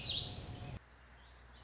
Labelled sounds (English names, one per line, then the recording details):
Warbling Vireo
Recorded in Sonoma County, California